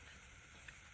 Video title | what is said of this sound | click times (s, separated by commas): HOW TO UPGRADE A GLOCK - GLOCK 26 GEN 3 - SAFETY OFF WITH SPIKE | and then you will simply just push down until you hear that click and | 0.7 s